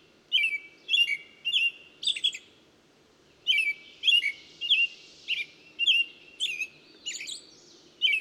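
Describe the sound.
Bird song: bright chirping notes with sharp higher ticks, about two per second, pausing briefly midway before resuming, over a soft low rumble.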